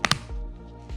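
The last retaining clips of the plastic earpad ring on a Sennheiser HD598 headphone ear cup let go with two sharp clicks at 0.05 s and 0.11 s, followed by a low, steady tonal background. The earpad comes free of the ear cup and is confirmed out.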